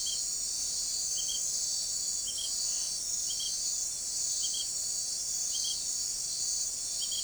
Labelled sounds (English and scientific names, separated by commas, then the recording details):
none
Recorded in forest near Pivijay, Magdalena, Colombia, on 6 June 2023 at 00:00
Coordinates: 10.467, -74.380
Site Z5-G034